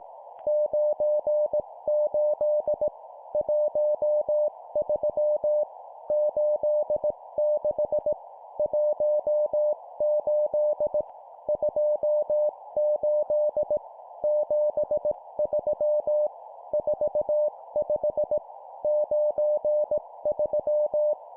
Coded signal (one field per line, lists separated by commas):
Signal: Morse code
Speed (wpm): 18 wpm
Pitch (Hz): 600 Hz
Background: none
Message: 98 13 86 18 28 73 45 93